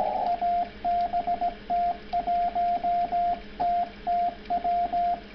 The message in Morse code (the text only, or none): ABT 1 TTW